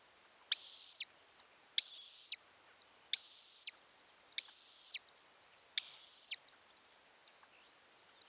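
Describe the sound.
Montagu's harrier repeating a high, drawn-out whistle five times, roughly every 1.3 seconds, with faint short notes scattered between.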